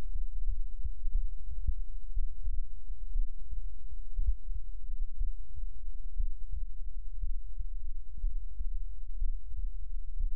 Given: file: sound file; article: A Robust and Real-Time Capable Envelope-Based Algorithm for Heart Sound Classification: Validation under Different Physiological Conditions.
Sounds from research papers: heart sounds by electronic stethoscope; rest; normal; lying on right side; Erb’s point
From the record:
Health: healthy, no known heart disease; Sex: male

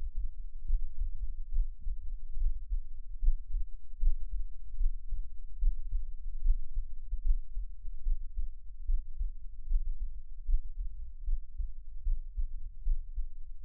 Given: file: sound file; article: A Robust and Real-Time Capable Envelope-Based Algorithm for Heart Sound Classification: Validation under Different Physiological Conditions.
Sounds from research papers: heart sounds by electronic stethoscope; rest; normal; lying on back; Erb’s point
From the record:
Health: healthy, no known heart disease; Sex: male

